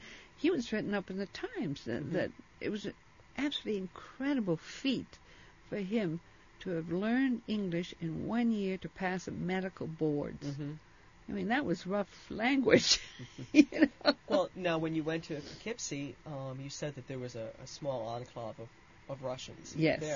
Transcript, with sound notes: And he was written up in the Times that it was an absolutely incredible feat for him to have learned English in one year to pass the medical boards. I mean, that was a rough language. ( she laughs )
Now, when you went to Poughkeepsie, you said that there was a small enclave of Russians there.